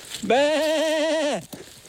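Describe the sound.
A person imitates a goat's bleat to call goats: one long, loud, quavering call with a steady wobbling vibrato, held for about a second before breaking off, followed by a short breathy sound.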